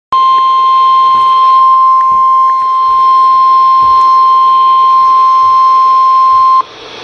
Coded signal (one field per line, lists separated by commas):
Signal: Emergency Alert System (SAME) tones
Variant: 1050 Hz attention tone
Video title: 7-7-13 WXL39 KZZ31 (On TV but fail) Severe Thunderstorm Watch REAL EAS ALERT #22